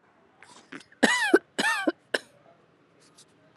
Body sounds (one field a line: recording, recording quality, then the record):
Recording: shallow voluntary cough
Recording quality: excellent, no background noise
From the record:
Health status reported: healthy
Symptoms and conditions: none ticked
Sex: female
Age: 26 years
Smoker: not ticked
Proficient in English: yes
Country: India